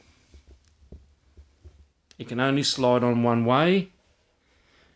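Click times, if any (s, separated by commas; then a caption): none. The plastic operator cab of a Dickie Toys Construction Giant Crane with Remote Control is turned over and lined up on its slide-on rail on the crane base to show it fits only one way. Faint handling taps are heard, including at about 0.7 s and 0.9 s, and then someone talks from about 2.1 to 3.8 s. Nothing has seated or clicked yet.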